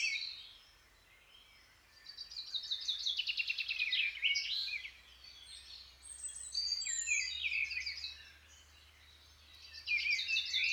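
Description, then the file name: Birds waking up in chorus, overlapping trilled and whistled songs in bursts with quieter pauses between, over a faint low hum. "L'éveil des oiseaux (extrait)"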